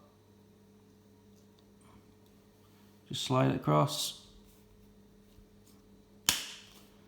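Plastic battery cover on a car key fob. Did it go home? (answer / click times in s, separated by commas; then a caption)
yes / 6.3 s. Someone talks briefly as the plastic battery cover of a Volkswagen Passat car key fob is slid across over the new coin cell battery. At 6.3 s it snaps home with one sharp click, and the cover is seated shut.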